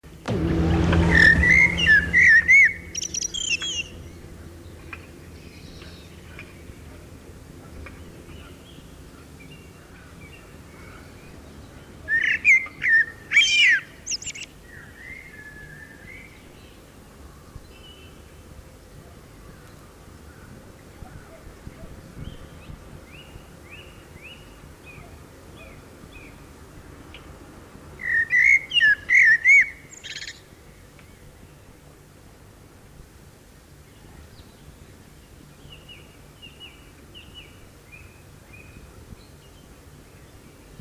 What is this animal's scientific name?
Turdus merula